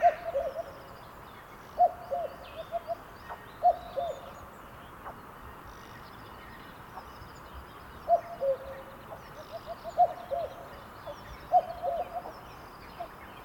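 Cuckoo calling its two-note cu-coo, the second note lower, repeated in irregular bursts, with faint chirps from other birds higher up.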